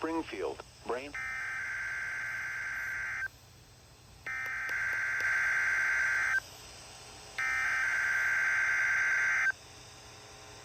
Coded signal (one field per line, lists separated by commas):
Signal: Emergency Alert System (SAME) tones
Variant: header bursts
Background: speech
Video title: Required Weekly Test On WXL46 [EAS #589]